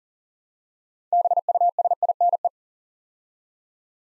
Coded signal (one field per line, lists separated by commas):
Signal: Morse code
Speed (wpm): 43 wpm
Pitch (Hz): 700 Hz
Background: none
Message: BUSINE